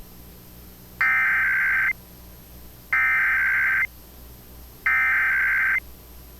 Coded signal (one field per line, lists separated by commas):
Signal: Emergency Alert System (SAME) tones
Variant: header bursts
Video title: Pennsylvania Required Monthly Tests (10/21/21)(EAS 959-964)